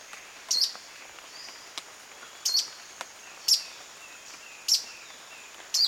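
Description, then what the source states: Black-throated antbird calls: brief, sharp high notes repeated every one to two seconds against a steady background hiss. Male, recorded 22 June 2008.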